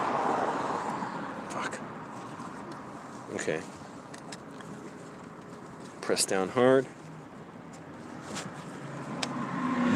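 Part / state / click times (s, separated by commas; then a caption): radiator cap onto radiator filler neck / seated / 9.2 s. Someone talks while a new radiator cap is pressed down hard onto the radiator filler neck and turned, with car and vehicle noise in the background, because the cap had not been snapping on as tight as it should and coolant steam may have been venting. A sharp click at 9.2 s marks the cap seating and locking on tightly.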